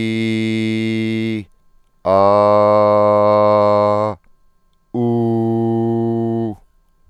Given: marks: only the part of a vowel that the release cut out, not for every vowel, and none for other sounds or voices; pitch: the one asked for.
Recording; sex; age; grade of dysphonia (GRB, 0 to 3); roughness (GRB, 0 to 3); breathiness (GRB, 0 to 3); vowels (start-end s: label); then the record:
sustained vowels; male; 40 to 49 years; 0; 0; 0
0.00-1.27 s: vowel /i/, normal pitch
2.34-3.91 s: vowel /a/, normal pitch
5.04-6.43 s: vowel /u/, normal pitch
From the record:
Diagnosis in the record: healthy voice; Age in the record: 44 years